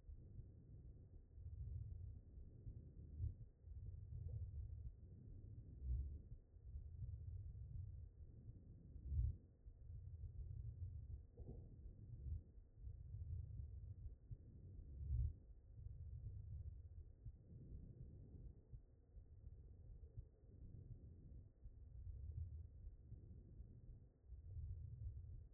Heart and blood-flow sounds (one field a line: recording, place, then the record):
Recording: heart sounds by stethoscope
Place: aortic valve (AV)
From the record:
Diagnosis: non-HFrEF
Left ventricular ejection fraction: 58%